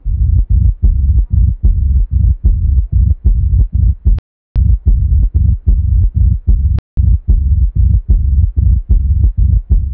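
Low rumbling heart sounds at about 75 a minute run almost unbroken between beats: a continuous murmur heard through a stethoscope.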